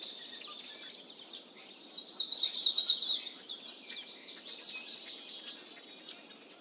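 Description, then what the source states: Birds in a busy chorus of high, thin chirps and twitters, one burst of rapid bright notes rising in loudness near the middle. Birds calling in a mountain forest.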